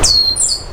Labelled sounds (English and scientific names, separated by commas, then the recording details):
Stitchbird (Notiomystis cincta) song
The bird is a male
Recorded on Tiritiri Matangi Island, New Zealand, in 2005
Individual 12, of nest box 16